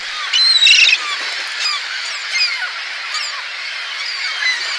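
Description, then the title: Gulls squawk over a busy flock chorus, with a loud burst of harsh calls early on followed by scattered cries over the ongoing chatter. "Seagulls"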